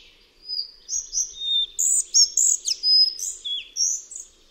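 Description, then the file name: Collared flycatcher song: a continuous string of shrill, squeaky notes that jump up and down in pitch for about four seconds. "MUCHOŁÓWKA BIAŁOSZYJA"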